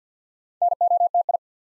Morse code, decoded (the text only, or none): NOTI